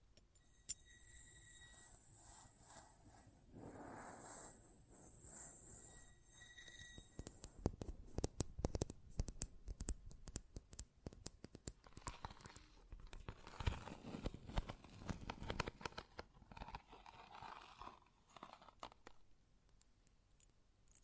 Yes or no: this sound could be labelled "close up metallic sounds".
yes